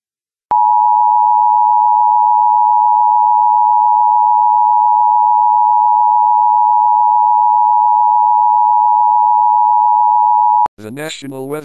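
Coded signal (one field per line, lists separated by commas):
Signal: Emergency Alert System (SAME) tones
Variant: 853 and 960 Hz attention tone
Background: speech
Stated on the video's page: Severe thunderstorm warning alert interrupting programming.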